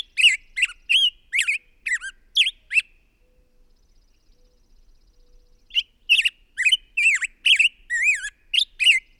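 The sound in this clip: Bird song: quick squeaky, harmonic chirps, a three-second quiet gap, then the varied warbling notes start again, some wavering up and down.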